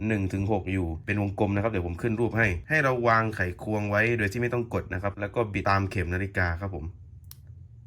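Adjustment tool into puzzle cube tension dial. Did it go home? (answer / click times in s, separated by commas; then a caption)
yes / 7.3 s. Someone talks while fitting the end of the supplied plastic screwdriver onto a puzzle cube's numbered tension-adjustment dial and turning it clockwise without pressing down. After the talking stops, a single short, sharp click at 7.3 s marks the tool seating into the cube's core, before it is twisted to the chosen number.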